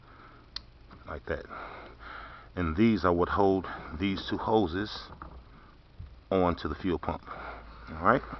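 A fuel hose retainer clip is pressed onto a fuel pump module and snaps into place with a sharp click at 0.6 s, seating it to hold the two fuel hoses onto the fuel pump. Someone talks throughout the rest of the clip.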